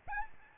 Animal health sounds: mosquito wingbeat signal from an infrared sensor; Aedes albopictus

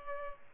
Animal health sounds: mosquito wingbeat signal from an infrared sensor; Culex pipiens

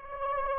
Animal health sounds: mosquito wingbeat signal from an infrared sensor; Anopheles arabiensis

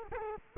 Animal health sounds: mosquito wingbeat signal from an infrared sensor; Culex quinquefasciatus

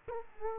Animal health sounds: mosquito wingbeat signal from an infrared sensor; Culex quinquefasciatus

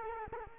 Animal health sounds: mosquito wingbeat signal from an infrared sensor; Culex quinquefasciatus

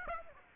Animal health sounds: mosquito wingbeat signal from an infrared sensor; Aedes aegypti

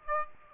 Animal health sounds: mosquito wingbeat signal from an infrared sensor; Aedes aegypti

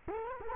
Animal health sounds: mosquito wingbeat signal from an infrared sensor; Culex quinquefasciatus

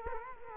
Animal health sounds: mosquito wingbeat signal from an infrared sensor; Culex quinquefasciatus

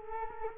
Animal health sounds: mosquito wingbeat signal from an infrared sensor; Culex quinquefasciatus

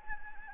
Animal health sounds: mosquito wingbeat signal from an infrared sensor; Anopheles gambiae

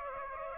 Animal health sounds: mosquito wingbeat signal from an infrared sensor; Aedes aegypti

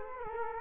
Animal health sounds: mosquito wingbeat signal from an infrared sensor; Culex quinquefasciatus

